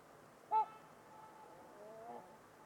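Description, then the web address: Trumpeter swan giving one short, loud, horn-like honk, then a fainter drawn-out call over a steady hiss. Trumpeter swans at Winters Lake on a winter's eve, in a deep valley in winter. "Trumpeter Swans on a Winter's Eve. Winters Lake with Swan. Wind Is the Original Radio"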